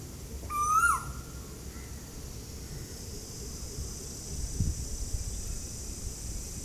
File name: Asian Koel Eudynamys scolopaceus from Ezhimala Kannur Kerala